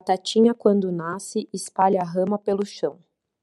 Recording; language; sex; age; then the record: short text; Brazilian Portuguese; female; 30 to 39 years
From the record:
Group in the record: control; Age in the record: 31 years